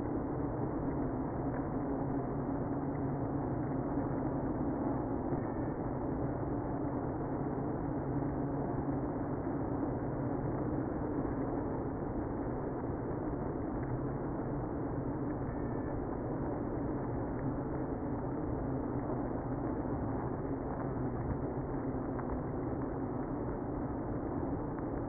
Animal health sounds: honeybee colony, microphone inside the hive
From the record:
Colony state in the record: queenless (queen removed); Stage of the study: after two queens were removed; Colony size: about 60,000 bees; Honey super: yes

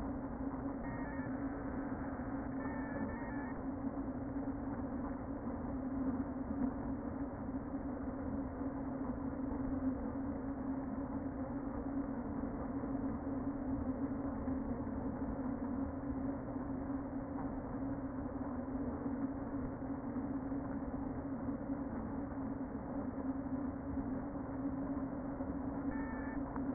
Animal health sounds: honeybee colony, microphone inside the hive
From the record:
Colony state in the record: queen present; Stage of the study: before two queens were removed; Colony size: about 60,000 bees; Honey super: yes

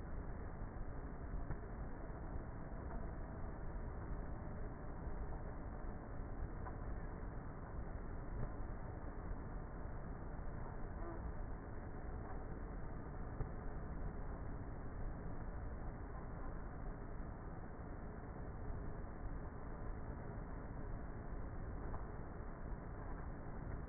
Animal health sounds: honeybee colony, microphone inside the hive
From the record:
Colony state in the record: queenless with a low population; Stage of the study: before two queens were removed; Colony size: about 30,000 bees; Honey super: no

